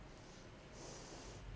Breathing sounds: one breath in and out by a microphone near the nose and mouth; normal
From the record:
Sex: female

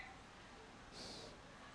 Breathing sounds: one breath in and out by a microphone near the nose and mouth; normal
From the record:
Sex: male

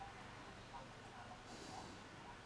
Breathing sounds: one breath in and out by a microphone near the nose and mouth; normal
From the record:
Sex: male

